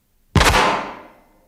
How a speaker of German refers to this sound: Ein Schuss ist gefallen?